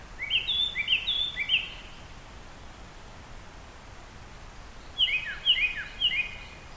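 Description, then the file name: Japanese thrush song: two phrases of quick, repeated downslurred whistles in stepped series, separated by a few seconds of background hiss. "kurotsu"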